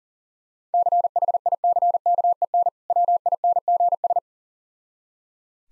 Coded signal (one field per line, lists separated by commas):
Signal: Morse code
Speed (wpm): 40 wpm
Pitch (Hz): 700 Hz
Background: none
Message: CHICKEN WINGS